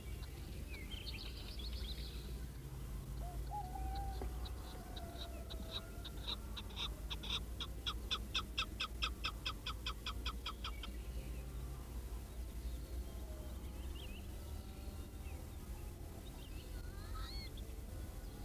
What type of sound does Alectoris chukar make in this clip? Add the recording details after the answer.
call. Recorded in the wild. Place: Džebel, Khaskovo, BG. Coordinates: 40.42, 24.764. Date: 1974-05-30. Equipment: Nagra III BH, Sennheiser MD 21, parabola. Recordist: Schubert, Michael